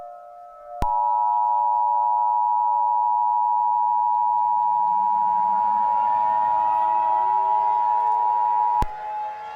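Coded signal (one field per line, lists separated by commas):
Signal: Emergency Alert System (SAME) tones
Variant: 853 and 960 Hz attention tone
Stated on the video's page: Entirely fictional scenario alert using valid EAS tones.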